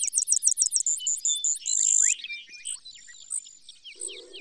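Brewer's sparrow song, quick high chipping notes followed by a sustained buzz, then scattered thin slurred notes and a faint low sound near the end.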